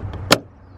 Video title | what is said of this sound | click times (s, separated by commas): How to Replace REVERSE LIGHTS to LED! (on miata) | push firmly to hear it click yeah | 0.3 s